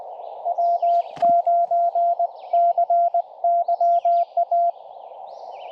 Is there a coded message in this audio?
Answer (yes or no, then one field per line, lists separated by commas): yes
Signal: Morse code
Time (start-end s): 0.5-4.7 s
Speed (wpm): 23 wpm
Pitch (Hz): 700 Hz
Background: none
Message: W9CYA